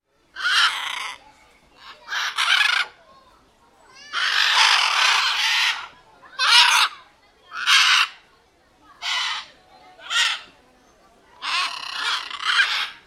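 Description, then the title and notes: Macaws calling loudly with coarse, grating squawks, several bursts including one long harsh stretch in the middle and closely paired calls near the end. More than one macaw. "Guacamayas"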